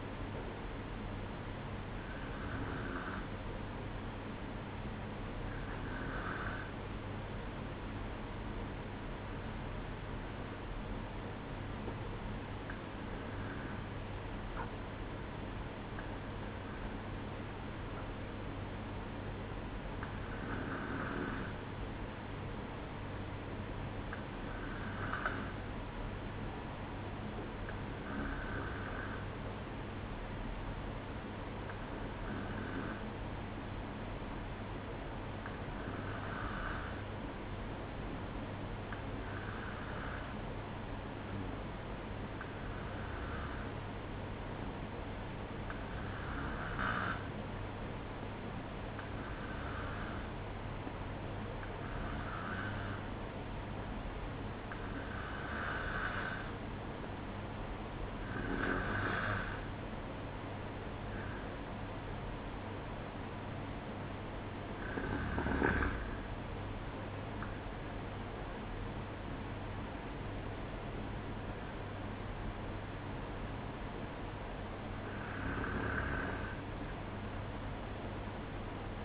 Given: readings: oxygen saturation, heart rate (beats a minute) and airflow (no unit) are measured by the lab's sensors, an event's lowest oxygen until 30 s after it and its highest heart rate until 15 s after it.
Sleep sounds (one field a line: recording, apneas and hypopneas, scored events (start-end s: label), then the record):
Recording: breathing in sleep by a voice recorder at the bedside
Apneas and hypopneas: 1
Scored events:
6.00-57.90 s: hypopnea (N2, oxygen 95% highest, then 92% lowest, heart rate 63 at the start, 69 highest)
53.00-79.05 s: new sleep stage, N1 (lightest sleep)
From the record:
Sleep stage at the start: N2 (light sleep)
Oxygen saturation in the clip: 92 to 95%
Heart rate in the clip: 61 to 69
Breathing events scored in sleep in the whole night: 305 in 9.6 hours asleep